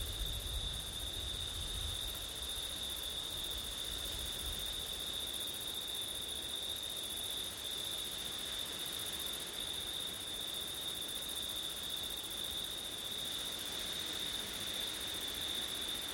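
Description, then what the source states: Crickets chirring in a steady, unbroken high chorus throughout, with gusty low wind rumble in the first few seconds. Crickets on a windy September night; ortif recording.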